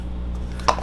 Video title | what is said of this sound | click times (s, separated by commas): SMART BULB WIFI - ( UNBOX AND SETUP ) FT REF DAMAGER! | in ko t-test in ko kung gagana Oops ayun nag-lock nag-lock na Okay | 0.7 s